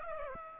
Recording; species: mosquito wingbeat signal from an infrared sensor; Aedes aegypti